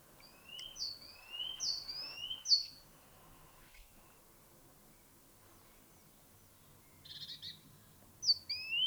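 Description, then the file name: Great tit calls: three rising two-part notes in quick succession, then a pause with a faint burst and one more rising note at the end. "Parus major"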